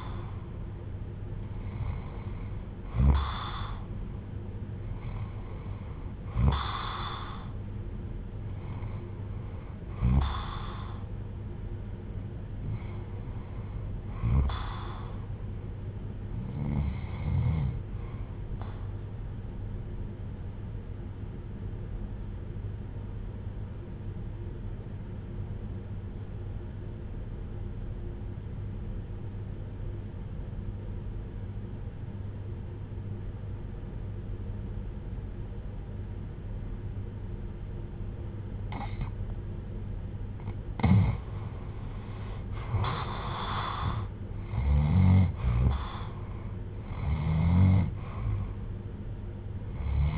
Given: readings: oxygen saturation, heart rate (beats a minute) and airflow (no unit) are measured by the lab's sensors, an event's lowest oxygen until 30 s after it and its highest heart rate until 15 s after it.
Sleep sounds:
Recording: breathing in sleep by a smartphone at the bedside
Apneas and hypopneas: 1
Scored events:
17.00-44.40 s: hypopnea (REM, oxygen 96% highest, then 79% lowest, heart rate 70 at the start, 80 highest)
From the record:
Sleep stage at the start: REM sleep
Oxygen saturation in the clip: 75 to 96%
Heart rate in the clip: 63 to 80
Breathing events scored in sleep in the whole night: 310 in 8.1 hours asleep

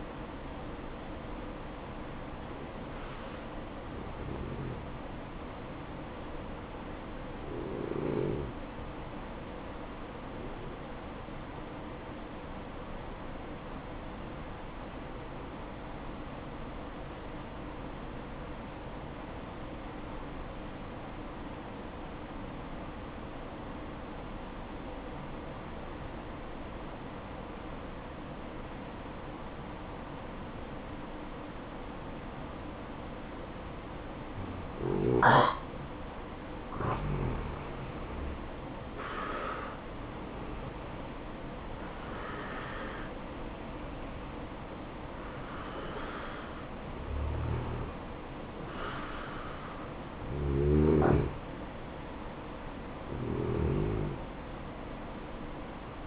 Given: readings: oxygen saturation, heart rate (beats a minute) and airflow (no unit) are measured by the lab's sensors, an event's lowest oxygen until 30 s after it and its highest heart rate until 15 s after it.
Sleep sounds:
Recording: breathing in sleep by a voice recorder at the bedside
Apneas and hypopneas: 1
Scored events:
0.00-6.00 s: awake
2.00-56.07 s: new sleep stage, N1 (lightest sleep)
12.00-37.70 s: obstructive apnea (N1, oxygen 96% highest, then 88% lowest, heart rate 60 at the start, 64 highest)
From the record:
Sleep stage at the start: awake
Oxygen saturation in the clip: 86 to 96%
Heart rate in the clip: 57 to 64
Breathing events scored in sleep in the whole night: 573 in 9.8 hours asleep

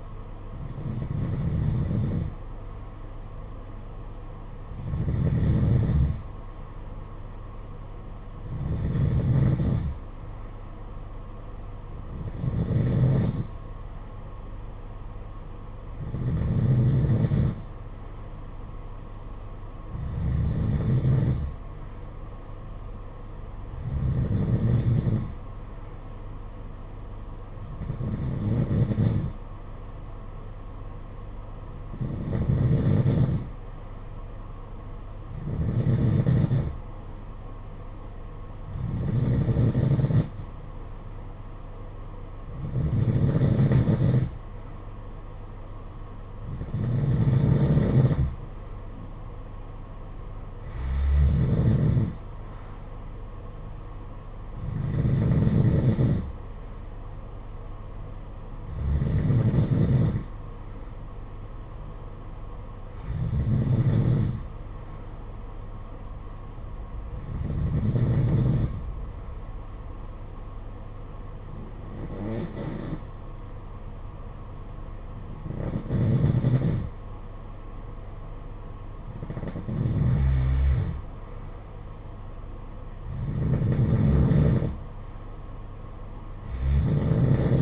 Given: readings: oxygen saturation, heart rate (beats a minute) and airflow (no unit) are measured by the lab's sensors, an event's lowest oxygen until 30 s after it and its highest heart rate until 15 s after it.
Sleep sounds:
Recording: breathing in sleep by a smartphone at the bedside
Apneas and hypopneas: 1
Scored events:
70.00-80.90 s: hypopnea (N2, oxygen 93% highest, then 90% lowest, heart rate 55 at the start, 57 highest)
From the record:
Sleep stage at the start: N2 (light sleep)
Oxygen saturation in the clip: 91 to 93%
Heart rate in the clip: 53 to 58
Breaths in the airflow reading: 22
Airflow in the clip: -8.7 to 7.3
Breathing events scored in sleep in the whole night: 476 in 9.7 hours asleep

